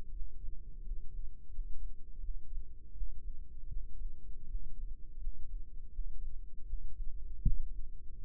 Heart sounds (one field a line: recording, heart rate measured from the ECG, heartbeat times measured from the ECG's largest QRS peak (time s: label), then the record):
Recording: heart sounds by microphone in the right ear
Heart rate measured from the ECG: 82 bpm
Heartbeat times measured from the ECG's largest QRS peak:
0.09 s: heartbeat
0.80 s: heartbeat
1.48 s: heartbeat
2.18 s: heartbeat
2.90 s: heartbeat
3.66 s: heartbeat
4.44 s: heartbeat
5.16 s: heartbeat
5.88 s: heartbeat
6.63 s: heartbeat
7.39 s: heartbeat
8.16 s: heartbeat
From the record:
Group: healthy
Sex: male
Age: 21 years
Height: 180 cm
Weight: 67.5 kg